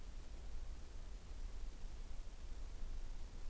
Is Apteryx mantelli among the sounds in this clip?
no